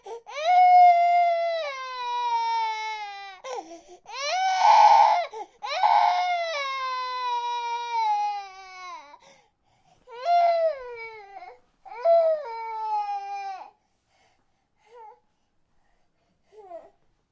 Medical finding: Baby cry long.